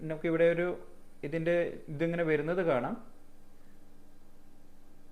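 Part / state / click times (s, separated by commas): auto-injector pen plunger completing its stroke / not seated / none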